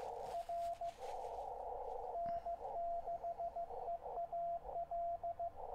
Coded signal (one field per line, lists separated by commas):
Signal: Morse code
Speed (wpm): 15 wpm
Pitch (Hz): 680 Hz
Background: radio noise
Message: R N6EAL